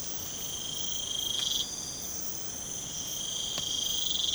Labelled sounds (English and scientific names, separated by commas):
none